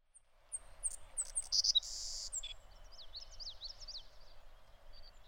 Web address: soundandlightecologyteam. savannahsparrow